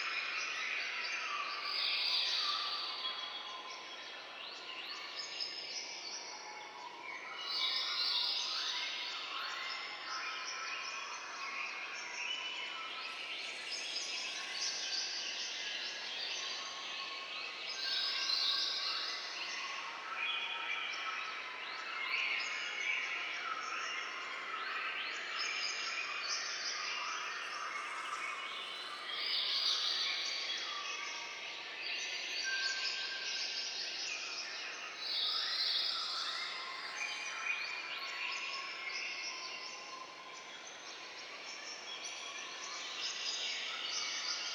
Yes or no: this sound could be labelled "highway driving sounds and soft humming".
no